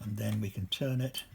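A spring push button inside the height-adjustment steering tube of a Maxi Micro or Mini Micro Deluxe scooter is being handled, hooked with a piece of strong wire and pliers, pulled into range, and about to be turned. Only someone talking is heard. Nothing has seated or clicked yet; the button has not popped into its hole.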